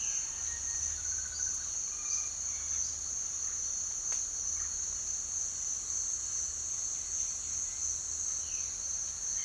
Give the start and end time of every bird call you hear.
0.00s-3.06s: bird call (0.4-5.7 kHz)
3.35s-4.87s: bird call (0.7-2.8 kHz)
8.27s-8.86s: bird call (1.9-3.6 kHz)

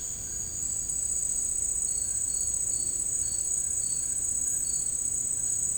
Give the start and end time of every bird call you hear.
1.94s-4.73s: bird call (1.0-2.0 kHz)

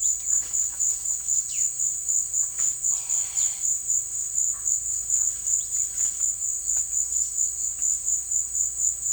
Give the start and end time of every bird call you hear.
0.00s-3.79s: bird call (0.4-6.3 kHz)
5.38s-7.77s: bird call (2.6-5.8 kHz)

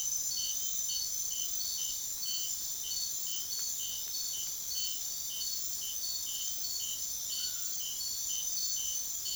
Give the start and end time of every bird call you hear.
7.43s-7.81s: bird call (0.5-1.8 kHz)

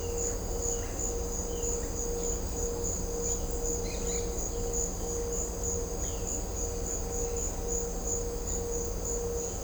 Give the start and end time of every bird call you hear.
0.00s-0.35s: bird call (2.3-3.4 kHz)
0.65s-1.00s: bird call (1.7-3.6 kHz)
1.48s-1.75s: bird call (2.5-3.6 kHz)
3.81s-4.26s: bird call (1.6-4.7 kHz)

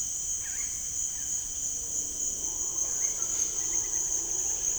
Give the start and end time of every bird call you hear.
0.37s-1.35s: bird call (0.7-3.5 kHz)
2.97s-4.79s: bird call (1.0-3.1 kHz)

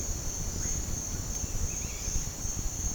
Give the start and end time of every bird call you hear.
1.64s-2.24s: bird call (1.4-3.4 kHz)

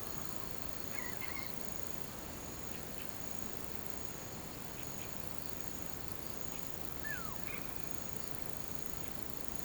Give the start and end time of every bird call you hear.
0.76s-1.54s: bird call (1.2-2.9 kHz)
6.66s-7.92s: bird call (0.7-3.3 kHz)

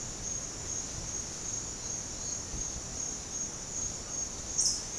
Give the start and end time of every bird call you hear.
4.55s-4.88s: bird call (4.4-9.2 kHz)

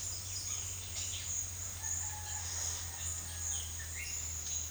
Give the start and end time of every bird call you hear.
1.69s-4.36s: bird call (0.5-3.7 kHz)

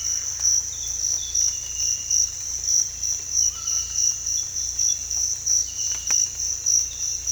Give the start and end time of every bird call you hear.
3.49s-3.87s: bird call (0.9-1.8 kHz)

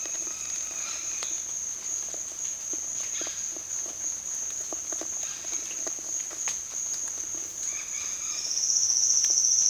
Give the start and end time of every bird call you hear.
0.00s-1.31s: bird call (0.7-4.8 kHz)
7.68s-8.68s: bird call (0.7-5.4 kHz)

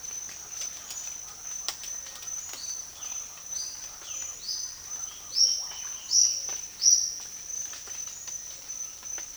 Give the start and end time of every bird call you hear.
3.03s-7.18s: bird call (0.1-6.6 kHz)

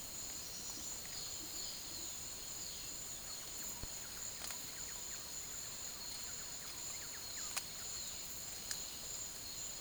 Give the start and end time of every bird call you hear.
1.16s-2.99s: bird call (2.1-5.5 kHz)
4.72s-5.22s: bird call (1.1-2.6 kHz)
6.12s-7.49s: bird call (0.9-2.3 kHz)

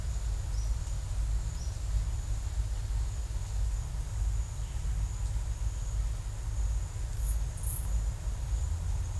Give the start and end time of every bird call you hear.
0.51s-0.62s: bird call (5.2-6.3 kHz)
1.55s-1.78s: bird call (4.9-6.3 kHz)

